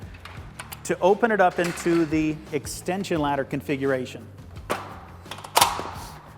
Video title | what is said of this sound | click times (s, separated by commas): Little Giant Conquest All-Terrain Multi-Purpose Ladder - In-Depth Demo and Review | again make sure that the hinge is fully seated and locked into place | 5.3 s, 5.4 s